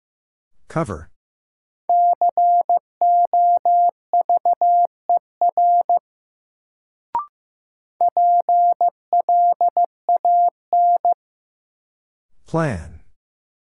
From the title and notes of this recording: First, the word is sent in Morse code. Then it is spoken.